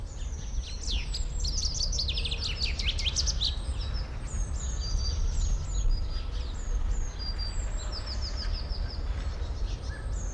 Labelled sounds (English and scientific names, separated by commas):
Eurasian Blue Tit (Cyanistes caeruleus)